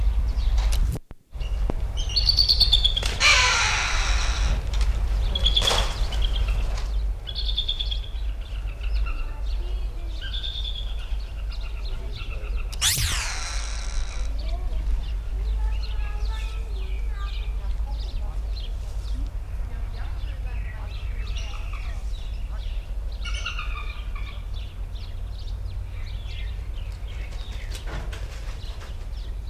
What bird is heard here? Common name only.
Bateleur